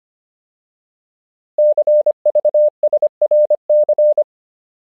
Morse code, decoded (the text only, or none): CVSRC